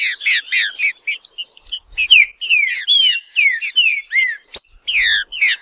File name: canto do trinca ferro